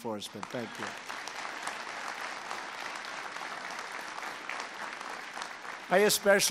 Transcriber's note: applause